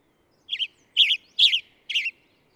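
Bird song of four sharp, twittering chirps, a split first note followed by three fuller ones, evenly spaced about half a second apart, with nothing else audible.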